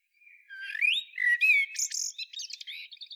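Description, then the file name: Eurasian blackbird song phrase: a rising fluty warble that breaks into a thin, scratchy, high-pitched twittering flourish. "Turdus merula"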